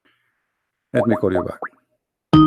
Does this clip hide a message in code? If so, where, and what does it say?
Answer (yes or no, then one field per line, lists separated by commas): no